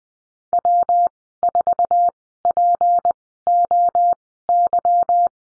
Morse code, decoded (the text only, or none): W4POY